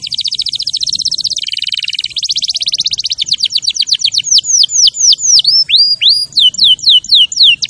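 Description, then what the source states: Canary song beginning with a rapid buzzy trill and a low churring phrase, then slowing into repeated looping whistled notes. Champion canary song used as a master recording for training other birds.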